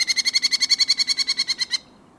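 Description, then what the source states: Merlin chatter: a fast, even run of many harsh ki-ki-ki notes lasting under two seconds, then silence. Merlins, small falcons increasingly nesting in towns and cities of the northern United States; peak southward migration in October.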